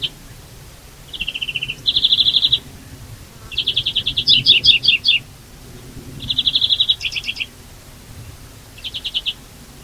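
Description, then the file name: European greenfinch trilling in varied phrases, some low and even, others high and jangling, spaced a second or two apart. "Chloris chloris"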